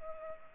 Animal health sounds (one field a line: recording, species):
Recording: mosquito wingbeat signal from an infrared sensor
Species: Culex pipiens